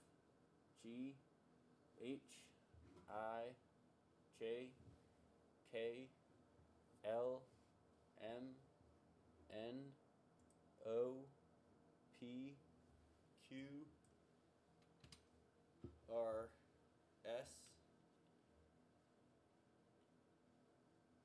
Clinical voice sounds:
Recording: letters of the alphabet, spoken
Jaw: free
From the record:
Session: seven days later

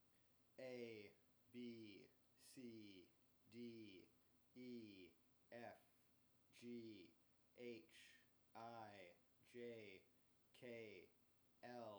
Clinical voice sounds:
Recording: letters of the alphabet, spoken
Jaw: free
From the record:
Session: first day, before the bite bar

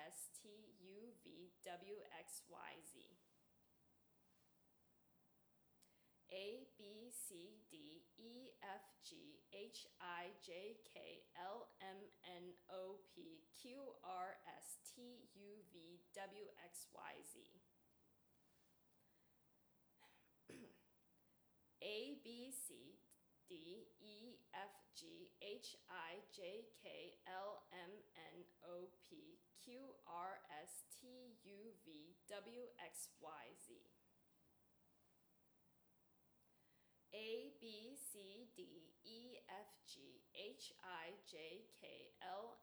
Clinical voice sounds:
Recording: letters of the alphabet, spoken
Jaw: free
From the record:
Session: seven days later

